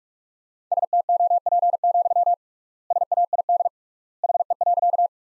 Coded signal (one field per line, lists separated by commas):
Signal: Morse code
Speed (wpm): 46 wpm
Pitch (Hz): 700 Hz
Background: none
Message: STOP, SAID HE.